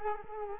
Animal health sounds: mosquito wingbeat signal from an infrared sensor; Culex quinquefasciatus

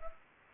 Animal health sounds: mosquito wingbeat signal from an infrared sensor; Culex pipiens

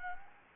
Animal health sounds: mosquito wingbeat signal from an infrared sensor; Anopheles gambiae

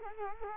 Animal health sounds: mosquito wingbeat signal from an infrared sensor; Culex quinquefasciatus

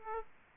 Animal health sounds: mosquito wingbeat signal from an infrared sensor; Aedes aegypti

